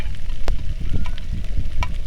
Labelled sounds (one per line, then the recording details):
wind
rain
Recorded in the Arctic National Wildlife Refuge, Alaska, on 3 August 2019 at 09:37
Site 46